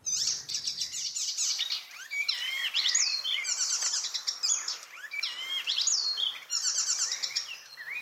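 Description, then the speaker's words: Icterine warbler song: a fast, shrill, high-pitched medley of varied chattering and whistled phrases, nearly continuous with brief pauses. Shrill song full of imitations, learned partly in Africa and partly in Europe, with species-typical phrases especially at the start; summer visitor to the Netherlands, wintering in Africa. "In die eerste paar seconden hoor je al meteen, ja, dit is een spotvogel."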